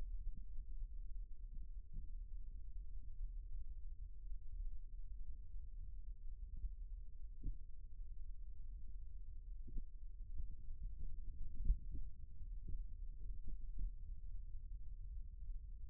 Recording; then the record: forearm muscle sounds (acoustic myography)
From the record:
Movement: rest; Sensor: system 1, eight BSWA MPA416 microphones around the upper forearm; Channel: 5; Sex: male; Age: 41 years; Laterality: right